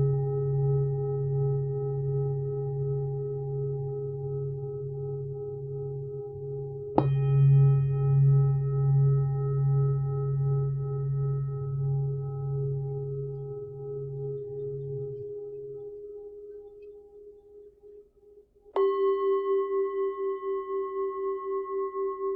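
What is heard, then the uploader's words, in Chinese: A singing bowl rings with a low, pulsing hum, is struck again near seven seconds, fades out, then a brighter strike sounds near nineteen seconds. 頌缽疗愈。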